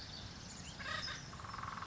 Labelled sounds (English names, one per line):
Acorn Woodpecker